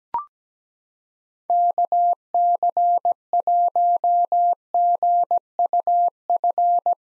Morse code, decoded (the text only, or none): KC1GUF